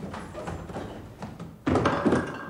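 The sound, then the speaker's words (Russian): Scattered soft knocks and scraping as someone gropes blindly along the wall of a huge house give way to a sudden, louder dull thud as a door is shoved open, followed by a brief rumbling clatter as he tumbles down unseen steps. No one speaks. “Я толкнул ее”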